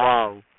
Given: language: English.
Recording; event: throat vibration sensor signal played as sound; speech